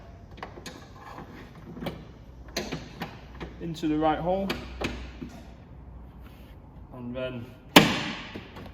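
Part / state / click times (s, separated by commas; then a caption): headlight locking lug in car body / released / 7.8 s. Someone talks while a tool turns the plastic locking lug of a headlight in the body of a Porsche 911 997 GT3, with small handling knocks along the way. A sharp, loud click at 7.8 s marks the twist lock releasing, and the headlight starts to pop out of its recess.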